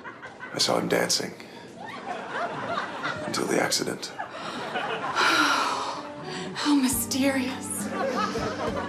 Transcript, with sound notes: I saw him dancing until the accident.
(LAUGHTER)
Oh, how mysterious.